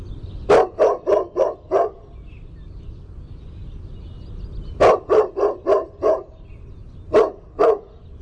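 Dog barking in quick bursts: five sharp barks, a pause of about three seconds, another five, then two more.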